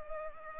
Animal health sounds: mosquito wingbeat signal from an infrared sensor; Culex pipiens

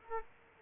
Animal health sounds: mosquito wingbeat signal from an infrared sensor; Culex quinquefasciatus

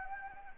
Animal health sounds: mosquito wingbeat signal from an infrared sensor; Anopheles arabiensis

